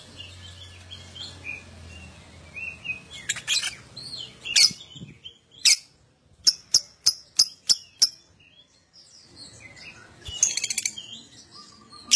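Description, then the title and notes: Lovebird chirps: soft chatter, then a regular run of sharp high clicks followed by a shrill burst and quiet twittering. Adult lovebird, gacor (in full, steady song), owor owor style. "LOVEBIRD GACOR OWOR OWOR. Lovebird Dewasa"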